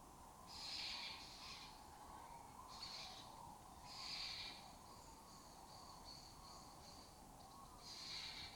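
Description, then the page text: Lesser kestrel uttering hoarse, rasping calls in repeated bursts, with a steady insect drone underneath. Colony breeding in an abandoned building complex in Doñana, southern Europe breeding area; migratory species that forages in West Africa. "Lesser Kestrels Took Over an Abandoned Building. A migratory raptor wich spends its foraging time in West Africa and breeds in southern Europe. Here in Doñana"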